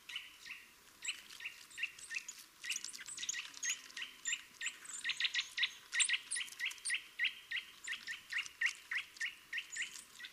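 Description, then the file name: Eurasian nuthatch repeating brisk piping call notes at a fast, uneven pace, overlapped by thin higher chirps. "Sitta europaea"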